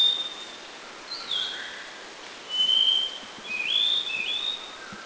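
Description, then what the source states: Spot-necked babbler whistling clear, pure notes, some level and some stepping up in pitch, over a steady hiss of background noise. Laos.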